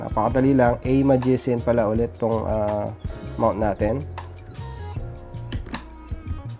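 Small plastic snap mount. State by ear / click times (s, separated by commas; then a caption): seated / 5.5 s, 5.8 s. An action camera is pressed into its magnetic offset quick-release mount on a helmet while someone talks over background music. Two clicks land at 5.5 s and 5.8 s, and the double click shows the camera is seated and secured.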